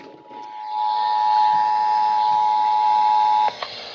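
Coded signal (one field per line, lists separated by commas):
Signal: Emergency Alert System (SAME) tones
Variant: 853 and 960 Hz attention tone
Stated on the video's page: Flash flood warning EAS alert on 96.9 FM.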